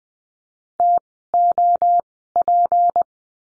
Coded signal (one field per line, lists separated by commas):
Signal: Morse code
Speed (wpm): 20 wpm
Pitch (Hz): 700 Hz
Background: none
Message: TOP